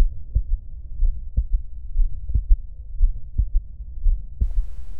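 Low-pitched heart sounds at about 115 beats a minute in a pregnant 18-year-old woman, heard at the cardiac apex, with a soft low systolic vibration and an extra faint early diastolic sound. This is an innocent Still's murmur, a fairly low-frequency, musical, vibrating systolic murmur, together with a third heart sound.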